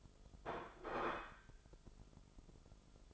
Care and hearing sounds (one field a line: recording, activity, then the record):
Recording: daily activity, microphone in the room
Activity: place plate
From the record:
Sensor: 5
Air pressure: 988.7 hPa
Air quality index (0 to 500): 236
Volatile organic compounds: 196 ppm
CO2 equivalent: 4201 ppm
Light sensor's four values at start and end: 40/124/48/51 and 40/124/48/51